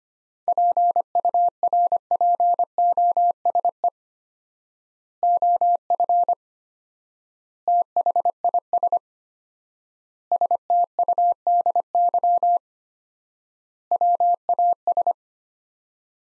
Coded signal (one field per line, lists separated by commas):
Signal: Morse code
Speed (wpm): 25 wpm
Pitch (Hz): 700 Hz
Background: none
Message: PURPOSE OF THIS STUDY WAS